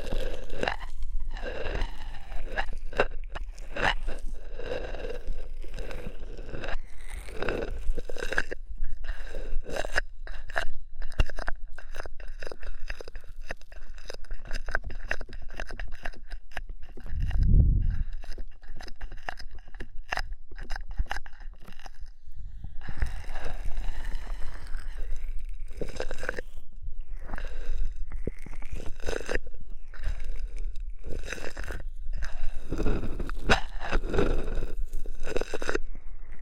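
Ear massage with oil and foam fills the whole clip with dense crackling, squishing and rubbing. The sound stays busy and fairly even, with short crisp bursts layered over soft friction, a brief low thump around seventeen seconds and a quieter stretch near twenty-three seconds.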